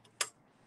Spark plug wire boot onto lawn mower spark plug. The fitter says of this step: that i hear is actually that piece snapping around that and then i know that it's right